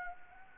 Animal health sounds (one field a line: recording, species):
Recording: mosquito wingbeat signal from an infrared sensor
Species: Anopheles gambiae